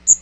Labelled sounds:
Magnolia Warbler flight call

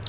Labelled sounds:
Palm Warbler flight call

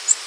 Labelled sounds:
Nashville Warbler flight call

